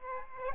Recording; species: mosquito wingbeat signal from an infrared sensor; Aedes aegypti